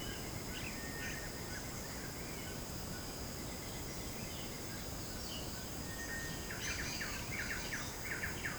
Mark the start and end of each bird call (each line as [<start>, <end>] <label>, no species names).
[0.00, 4.81] bird call
[5.85, 8.58] bird call